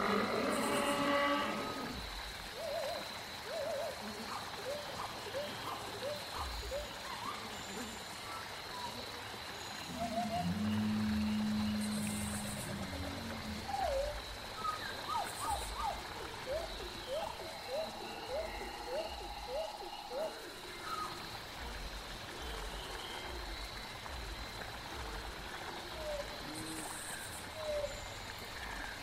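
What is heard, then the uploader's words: A dense prehistoric forest ambience with a steady high insect whine running throughout. Overlapping creature calls chirp and croak in quick repeated series, busiest between fifteen and twenty seconds, and a low drawn-out groan sounds around eleven seconds. Jurassic world ambience |prehistoric forest | dinosaur sounds.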